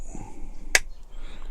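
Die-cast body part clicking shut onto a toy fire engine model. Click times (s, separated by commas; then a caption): 0.8 s. A piece is wedged into the old groove at the front of a die-cast Corgi 1127 Simon Snorkel toy fire engine during a restoration, and the metal/plastic body part is pressed until it clicks shut. A single sharp, bright click sounds at 0.8 s over a quiet low background hum. The part seats and clicks shut.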